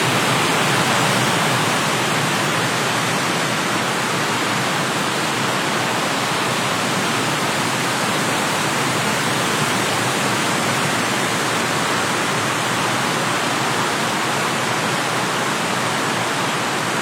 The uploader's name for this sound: Autumn_Winds